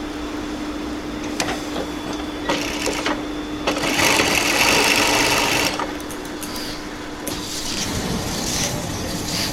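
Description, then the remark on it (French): Machines in a clothing factory, where fabric is being ironed, run continuously: a steady electrical hum beneath bursts of sewing-machine whirring and clattering, with a louder, hissing stretch in the middle. No one speaks. “Aujourd'hui, troisième épisode, on arrive à l'usine.”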